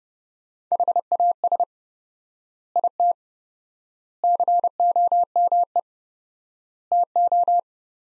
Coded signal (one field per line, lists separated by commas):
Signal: Morse code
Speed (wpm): 30 wpm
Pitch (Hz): 700 Hz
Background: none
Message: HAS IT COME TO